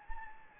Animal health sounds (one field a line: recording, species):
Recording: mosquito wingbeat signal from an infrared sensor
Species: Anopheles gambiae